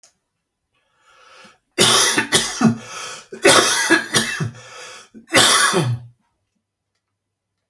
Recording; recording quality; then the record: heavy voluntary cough; excellent, no background noise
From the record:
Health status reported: healthy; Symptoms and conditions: none ticked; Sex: male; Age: 56 years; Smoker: not ticked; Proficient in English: yes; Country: France